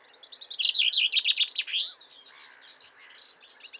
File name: Pinson des arbres Fringilla coelebs